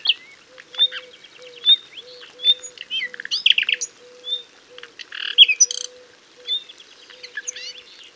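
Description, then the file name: Common nightingale singing varied phrases of whistles, buzzy bursts and rapid notes, with a low steady tone pulsing in regular short beats underneath throughout. "Luscinia megarhynchos"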